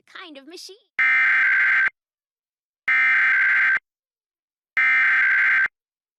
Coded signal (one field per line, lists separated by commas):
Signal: Emergency Alert System (SAME) tones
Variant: header bursts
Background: speech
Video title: EAS Tests from Pennsylvania and New Jersey [EAS #101-114]